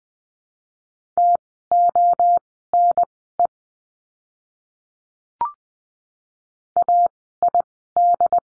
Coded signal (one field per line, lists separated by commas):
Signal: Morse code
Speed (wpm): 20 wpm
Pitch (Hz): 700 Hz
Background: none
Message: TONE AID